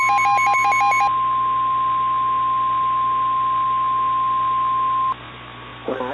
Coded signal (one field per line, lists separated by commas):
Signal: Emergency Alert System (SAME) tones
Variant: 1050 Hz attention tone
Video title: EAS Mini Mock: The Flash Flood of New York